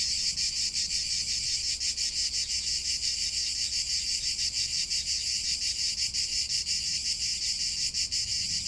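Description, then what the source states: Cicada chorus, a dense continuous high buzzing with rapid pulsing, loud and unbroken throughout. Cicadas singing in summer in Provence; song described as soothing, distinctive and regular.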